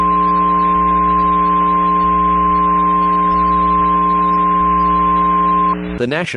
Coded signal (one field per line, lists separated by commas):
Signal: Emergency Alert System (SAME) tones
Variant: 1050 Hz attention tone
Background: speech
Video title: Emergency Alert System: Tornado Warning Moore County